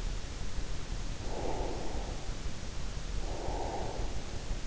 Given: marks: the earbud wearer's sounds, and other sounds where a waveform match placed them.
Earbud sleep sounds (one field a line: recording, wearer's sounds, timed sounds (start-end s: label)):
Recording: sounds in sleep by an in-ear microphone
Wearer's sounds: breath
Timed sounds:
1.32-3.85 s: breath